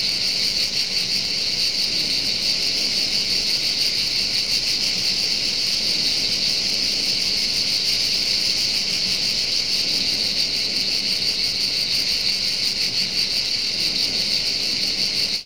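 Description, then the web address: Crickets keep up an unbroken, shrill high chorus throughout. "best service Blue Box animals crickets 5"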